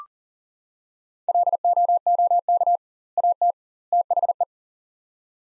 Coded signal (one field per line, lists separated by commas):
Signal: Morse code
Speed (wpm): 37 wpm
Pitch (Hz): 700 Hz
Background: none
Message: LOOK AT THE